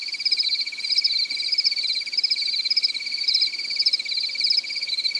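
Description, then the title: Cricket trilling, high-pitched rapid pulses grouped into bursts repeated at a steady beat. "AnimalCricket"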